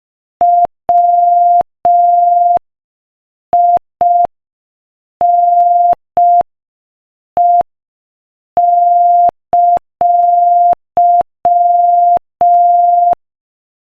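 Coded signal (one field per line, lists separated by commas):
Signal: Morse code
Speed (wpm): 5 wpm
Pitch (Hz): 700 Hz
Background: none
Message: WINE!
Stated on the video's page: Morse practice at 5 wpm, sending a joke.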